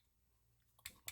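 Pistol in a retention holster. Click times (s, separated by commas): 0.9 s, 1.1 s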